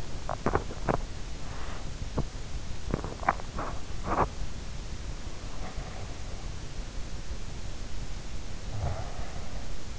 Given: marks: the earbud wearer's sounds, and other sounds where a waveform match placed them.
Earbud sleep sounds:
sounds in sleep by an in-ear microphone; teeth grinding, breath
0.00-4.80 s: teeth grinding
5.12-7.20 s: breath
7.85-9.99 s: breath

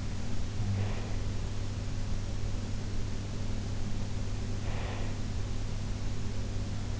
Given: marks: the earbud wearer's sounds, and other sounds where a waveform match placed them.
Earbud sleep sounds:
sounds in sleep by an in-ear microphone; breath
0.48-1.63 s: breath
4.51-5.18 s: breath

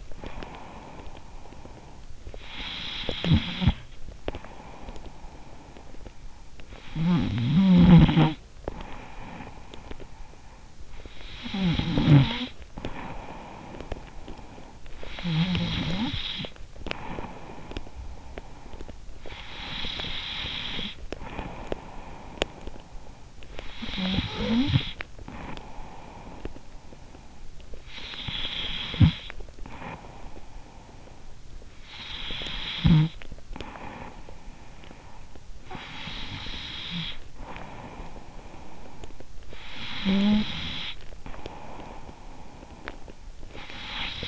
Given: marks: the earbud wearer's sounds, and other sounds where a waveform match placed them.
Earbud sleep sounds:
sounds in sleep by an in-ear microphone; breath, snoring breath, teeth grinding
0.00-2.41 s: breath
2.41-18.35 s: snoring breath
3.02-3.86 s: teeth grinding
18.35-23.22 s: breath
21.51-22.69 s: teeth grinding
23.22-35.54 s: snoring breath
35.54-39.04 s: breath
39.04-44.28 s: snoring breath

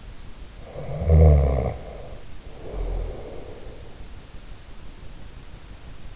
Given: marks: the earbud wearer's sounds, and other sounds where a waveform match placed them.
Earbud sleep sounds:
sounds in sleep by an in-ear microphone; snoring breath
0.57-3.82 s: snoring breath

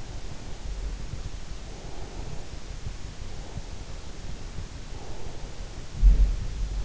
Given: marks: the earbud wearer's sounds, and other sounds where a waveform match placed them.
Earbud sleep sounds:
sounds in sleep by an in-ear microphone; breath
0.00-2.53 s: breath
3.18-5.65 s: breath
5.91-6.85 s: sound from someone else or the room

